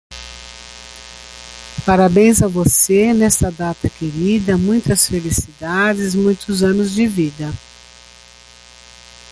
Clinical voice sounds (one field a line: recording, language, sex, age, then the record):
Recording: short text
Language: Brazilian Portuguese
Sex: female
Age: 60 to 69 years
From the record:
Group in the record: control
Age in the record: 65 years